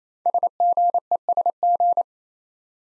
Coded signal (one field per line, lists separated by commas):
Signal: Morse code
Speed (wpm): 27 wpm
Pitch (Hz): 700 Hz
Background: none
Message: SGESG